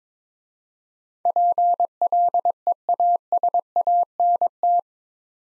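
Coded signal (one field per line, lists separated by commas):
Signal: Morse code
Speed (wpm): 23 wpm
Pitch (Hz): 700 Hz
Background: none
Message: PLEASANT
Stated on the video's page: Morse practice drill at 22 wpm sending 8-letter words for head-copy; first letters spoken, word sent, spoken, then sent again.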